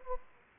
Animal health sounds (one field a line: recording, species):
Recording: mosquito wingbeat signal from an infrared sensor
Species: Anopheles gambiae